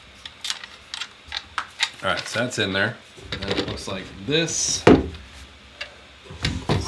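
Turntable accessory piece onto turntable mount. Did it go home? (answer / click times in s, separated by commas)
yes / 6.4 s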